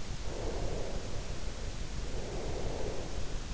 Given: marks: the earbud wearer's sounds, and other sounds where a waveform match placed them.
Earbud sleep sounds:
sounds in sleep by an in-ear microphone; breath
0.25-3.47 s: breath

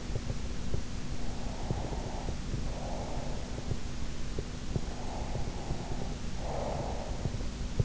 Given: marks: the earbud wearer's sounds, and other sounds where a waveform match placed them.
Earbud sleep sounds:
sounds in sleep by an in-ear microphone; breath
1.51-3.69 s: breath
4.98-7.32 s: breath

